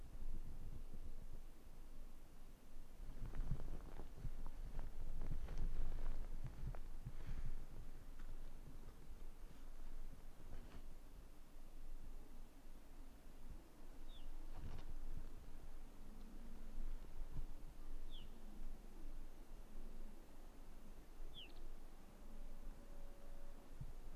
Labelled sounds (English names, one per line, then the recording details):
Arctic Fox
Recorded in the wild
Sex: male
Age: adult
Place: Insel Mednyi, Kommandeur-Inseln, RU
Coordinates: 54.5167, 168.083
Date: 1999-07-27 21:49
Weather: 12°C, kein Nebel, leichter Südwestwind, Sicht gut
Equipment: Sony WM-D6C, Sennheiser ME 80, K 30 AV, Windkorb, Kopie Tascam DA 30
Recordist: Jakupi, Antje